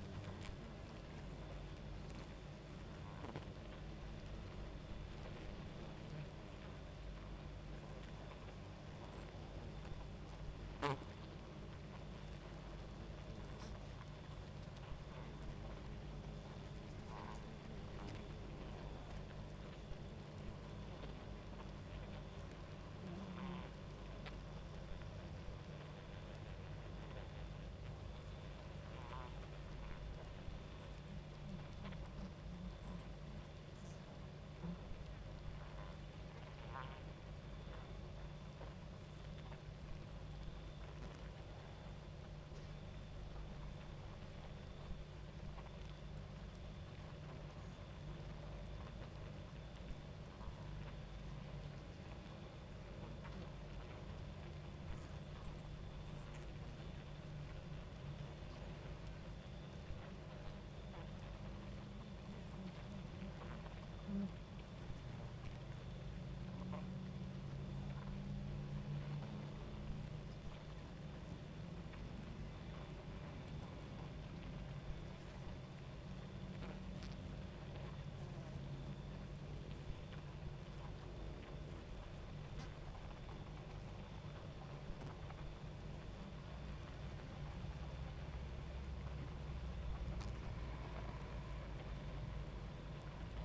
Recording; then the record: honeybee colony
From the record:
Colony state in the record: active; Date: 28 July 2017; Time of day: 23:42